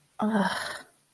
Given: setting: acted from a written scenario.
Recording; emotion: vocal sound without words; shame